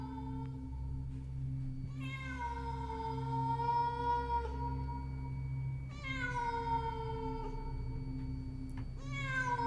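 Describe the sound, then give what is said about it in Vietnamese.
A cat, heard from afar at night, lets out long, drawn-out echoing yowling meows, three in a row with short gaps, harmonically rich and wavering, over a steady low hum. “Từ xa, tiếng của con mèo vẫn còn kêu vang vọng như khiêu khích.”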